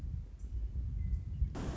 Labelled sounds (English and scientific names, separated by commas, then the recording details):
Western Meadowlark (Sturnella neglecta)
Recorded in Sonoma County, California